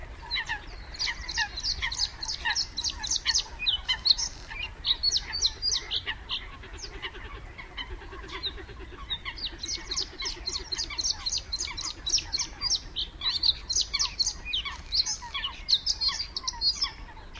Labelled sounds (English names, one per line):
Bluethroat song